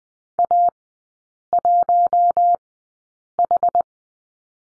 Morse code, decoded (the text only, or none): A 1 H